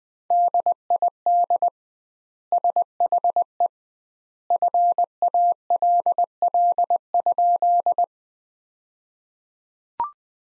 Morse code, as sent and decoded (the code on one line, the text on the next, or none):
-.. .. -.. / ... .... . / ..-. .- .-.. .-.. ..--..
DID SHE FALL?